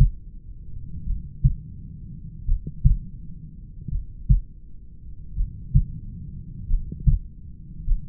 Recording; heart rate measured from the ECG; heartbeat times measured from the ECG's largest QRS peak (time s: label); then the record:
heart sounds by stethoscope; 44 bpm
1.09 s: heartbeat
2.50 s: heartbeat
3.94 s: heartbeat
5.39 s: heartbeat
6.72 s: heartbeat
7.90 s: heartbeat
From the record:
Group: heart failure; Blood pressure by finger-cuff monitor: 93/64 mmHg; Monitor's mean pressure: 72 mmHg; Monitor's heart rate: 42 bpm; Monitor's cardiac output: 3.8 L/min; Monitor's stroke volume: 91 mL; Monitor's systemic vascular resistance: 1410 dyn s/cm5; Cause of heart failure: familial cardiomyopathy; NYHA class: 1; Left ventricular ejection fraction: 49%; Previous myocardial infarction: absent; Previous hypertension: absent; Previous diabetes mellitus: absent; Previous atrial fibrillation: absent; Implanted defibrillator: absent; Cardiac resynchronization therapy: absent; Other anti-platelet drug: absent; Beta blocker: bisoprolol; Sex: male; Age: 31 years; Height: 194 cm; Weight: 96 kg